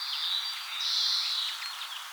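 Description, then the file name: European greenfinch giving a drawn-out, buzzy wheeze that swells in the middle, with faint chirps around it. "Chloris chloris"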